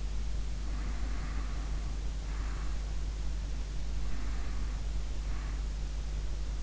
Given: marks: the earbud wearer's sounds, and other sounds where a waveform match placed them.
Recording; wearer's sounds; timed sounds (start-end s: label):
sounds in sleep by an in-ear microphone; breath
0.72-2.92 s: breath
4.12-5.76 s: breath